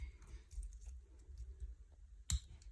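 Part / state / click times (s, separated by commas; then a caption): quick-adjust link in a watch bracelet clasp / released / 2.3 s. The quick-adjust link section of a metal watch bracelet clasp on a Seiko mod watch is pulled upward. After a few faint ticks and handling noises, a sharp, bright click is heard at 2.3 s as the link unclips open. The bracelet length can then be adjusted.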